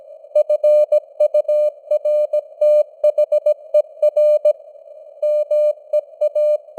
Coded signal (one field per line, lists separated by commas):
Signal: Morse code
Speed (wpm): 17 wpm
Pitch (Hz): 600 Hz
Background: none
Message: FURTHER MEA